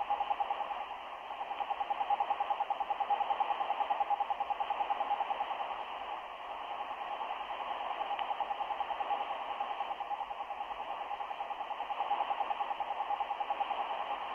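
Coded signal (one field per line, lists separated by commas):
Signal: radio time signal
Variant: RWM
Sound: rapid short beeps, about ten per second, steady mid-pitched tone through hiss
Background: radio static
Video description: Sonidos: CW, Beeps. ( 10 Pulsos por Segundo ).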